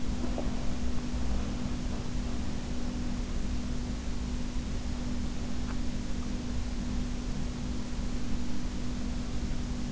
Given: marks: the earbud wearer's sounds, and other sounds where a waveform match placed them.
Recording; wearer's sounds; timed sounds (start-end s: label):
sounds in sleep by an in-ear microphone; swallowing
0.00-2.14 s: swallowing